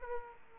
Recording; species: mosquito wingbeat signal from an infrared sensor; Aedes aegypti